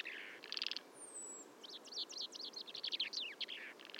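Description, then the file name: Common chaffinch singing a rapid run of sharp, downslurred notes. Short buzzy bursts come first, then a thin, high whistle slides down. "Fringilla coelebs"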